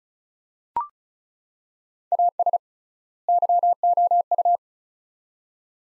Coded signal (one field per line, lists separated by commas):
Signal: Morse code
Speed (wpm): 36 wpm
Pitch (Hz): 700 Hz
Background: none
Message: AS YOU